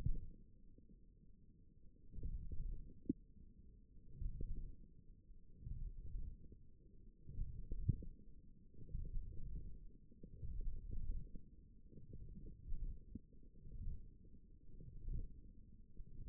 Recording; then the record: forearm muscle sounds (acoustic myography)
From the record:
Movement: hand closing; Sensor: system 1, eight BSWA MPA416 microphones around the upper forearm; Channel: 1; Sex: male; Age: 18 years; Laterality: right